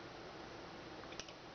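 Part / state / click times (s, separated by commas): CPU fan plug into motherboard fan header / not seated / none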